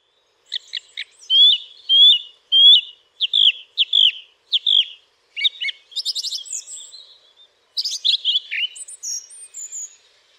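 Song thrush song: a loud phrase repeated several times in a row, clear whistled notes around mid-high pitch, then shifting to new buzzy and rattling phrases.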